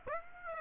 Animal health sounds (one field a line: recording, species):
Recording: mosquito wingbeat signal from an infrared sensor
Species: Aedes aegypti